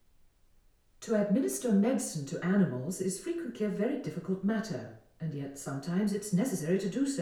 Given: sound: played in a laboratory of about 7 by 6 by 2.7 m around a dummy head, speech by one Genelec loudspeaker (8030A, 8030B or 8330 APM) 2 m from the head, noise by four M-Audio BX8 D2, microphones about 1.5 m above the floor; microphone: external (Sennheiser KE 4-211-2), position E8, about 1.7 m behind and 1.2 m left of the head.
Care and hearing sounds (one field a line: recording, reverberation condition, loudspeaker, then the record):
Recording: female speech in English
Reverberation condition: medium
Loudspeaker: 60 degrees to the right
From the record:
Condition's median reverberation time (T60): about 510 ms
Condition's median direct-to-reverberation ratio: about -0.5 dB